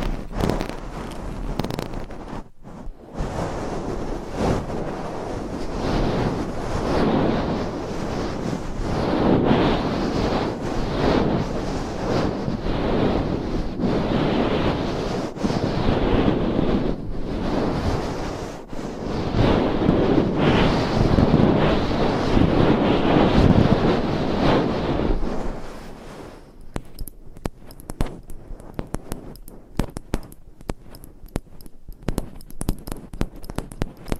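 Dense, rough scratching and rubbing on a binaural mic swells and surges for about 25 seconds, then gives way to sparse, sharp tapping.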